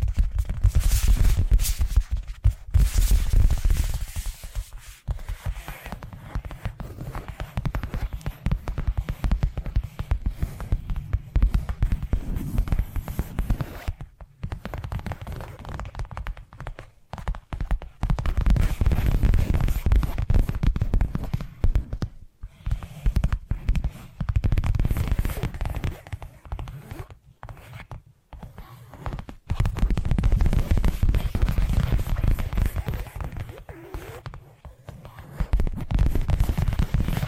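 Dense, rapid tapping with a deep, thumping rumble underneath, broken by brief silent pauses around 14, 22 and 28 seconds.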